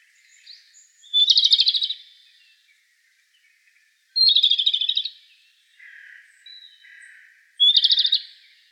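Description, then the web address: Japanese robin song: three loud trilled phrases, each opening with a short high note then a rapid rattling trill, about three seconds apart, with faint softer notes between. Recorded 15 April 2013. "birdenaga komadori 130415"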